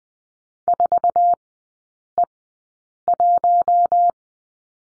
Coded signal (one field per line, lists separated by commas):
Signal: Morse code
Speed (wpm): 20 wpm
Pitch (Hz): 700 Hz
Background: none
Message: 4E1